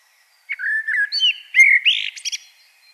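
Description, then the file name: Common blackbird song, a short, smooth, flute-like phrase that rises and ends in a few high, squeaky notes. "Turdus merula"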